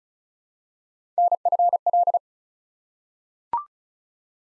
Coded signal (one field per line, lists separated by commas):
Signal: Morse code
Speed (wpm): 36 wpm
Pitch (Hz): 700 Hz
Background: none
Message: NFL